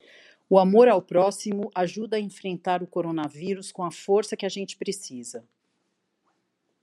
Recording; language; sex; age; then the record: spoken sentence; Brazilian Portuguese; female; 50 to 59 years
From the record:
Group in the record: control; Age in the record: 56 years